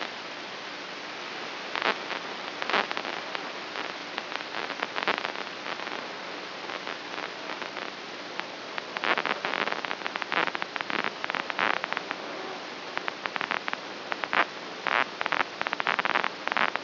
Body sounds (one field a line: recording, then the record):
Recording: brain microelectrode recording played as sound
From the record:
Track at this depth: inside the subthalamic nucleus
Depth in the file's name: 2.523 mm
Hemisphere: right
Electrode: 3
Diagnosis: Parkinson's disease